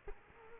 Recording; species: mosquito wingbeat signal from an infrared sensor; Culex quinquefasciatus